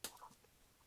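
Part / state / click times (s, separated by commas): facial interface into VR headset front / not seated / none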